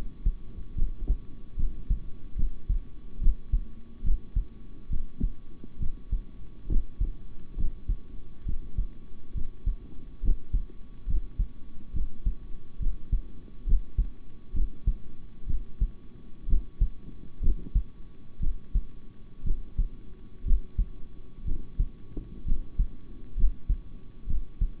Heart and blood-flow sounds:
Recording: heart sounds by stethoscope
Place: between the tricuspid and mitral areas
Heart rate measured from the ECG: 66 bpm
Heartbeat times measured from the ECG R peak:
0.75 s: heartbeat
1.56 s: heartbeat
2.35 s: heartbeat
3.20 s: heartbeat
4.03 s: heartbeat
4.89 s: heartbeat
5.79 s: heartbeat
6.69 s: heartbeat
7.57 s: heartbeat
8.45 s: heartbeat
9.34 s: heartbeat
10.21 s: heartbeat
11.06 s: heartbeat
11.93 s: heartbeat
12.79 s: heartbeat
13.65 s: heartbeat
14.53 s: heartbeat
15.46 s: heartbeat
16.47 s: heartbeat
17.41 s: heartbeat
18.40 s: heartbeat
19.44 s: heartbeat
20.44 s: heartbeat
21.44 s: heartbeat
22.45 s: heartbeat
23.36 s: heartbeat
24.26 s: heartbeat
From the record:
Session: rest, sitting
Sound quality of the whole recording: good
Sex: male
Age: 26 years

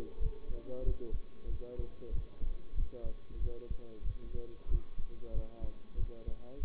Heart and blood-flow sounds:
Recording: heart sounds by stethoscope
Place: between the tricuspid and mitral areas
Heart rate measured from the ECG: 94 bpm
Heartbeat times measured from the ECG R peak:
0.17 s: heartbeat
0.81 s: heartbeat
1.46 s: heartbeat
2.09 s: heartbeat
2.73 s: heartbeat
3.37 s: heartbeat
4.01 s: heartbeat
4.66 s: heartbeat
5.30 s: heartbeat
5.94 s: heartbeat
6.58 s: heartbeat
From the record:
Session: bicycle stress test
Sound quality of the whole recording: good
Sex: male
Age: 23 years

